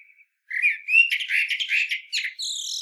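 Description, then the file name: Common blackbird with a short soft note, then a rich warbled phrase ending in thin, high sustained squeaks. "Turdus merula"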